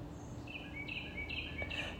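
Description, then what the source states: Carolina Wren song: several quick repeated phrases over a steady background hiss. Heard live in a neighborhood; song rendered as 'cheeseburger, cheeseburger, cheeseburger, cheese'; a small bird whose song fills the whole neighborhood.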